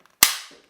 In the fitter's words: and snaps into place like that.